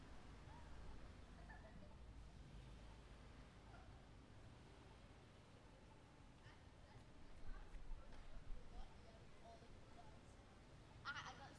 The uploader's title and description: city sidewalk. On a slightly busy sidewalk pedestrains stroll about, a train passes by, a car plays loud music